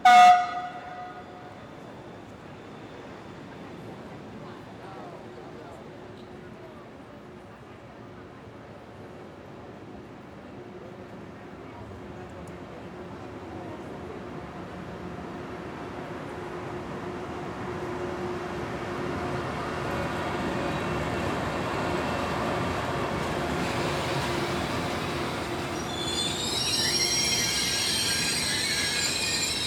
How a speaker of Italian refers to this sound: Il treno 5 Terre Express regionale 22945 di Trenitalia, proveniente da Levanto, è diretto alla Spezia Centrale, delle ore 19.12, è in arrivo al binario 3.